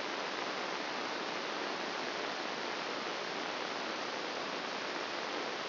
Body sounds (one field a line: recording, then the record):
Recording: brain microelectrode recording played as sound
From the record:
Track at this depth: outside the subthalamic nucleus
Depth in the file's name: 1.078 mm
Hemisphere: left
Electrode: 3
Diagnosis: Parkinson's disease